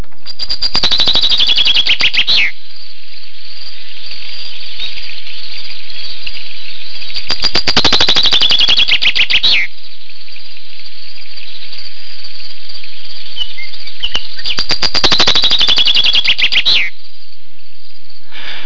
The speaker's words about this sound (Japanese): なんとも心地のいい鳥の鳴き声ですね。 なんか優雅に鳴いてますね。 はい。 今は3回鳴いていたんですが、この場合は3回とカウントされるんですか？